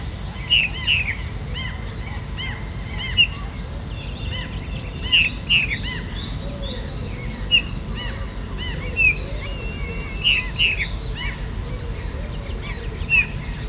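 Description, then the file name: Eurasian bullfinch calling, brief clear whistled notes, some in quick pairs, set against a dense chorus of other small birds and low rumbling noise. "Pyrrhula pyrrhula"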